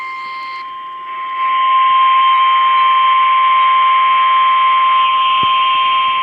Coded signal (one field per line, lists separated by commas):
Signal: Emergency Alert System (SAME) tones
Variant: 853 and 960 Hz attention tone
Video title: (5/1/2021) Flash Flood Warning on KLZT and KXI56 | EAS #747-748